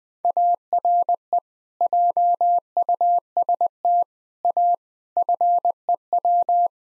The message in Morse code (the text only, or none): ARE JUST A FEW